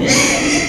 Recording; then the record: squeal of a Yucatan mini pig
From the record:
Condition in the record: before surgery on the right vocal fold (resection and tissue-engineered implant); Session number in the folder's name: 2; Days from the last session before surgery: 0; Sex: male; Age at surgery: 12 weeks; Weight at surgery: 13 kg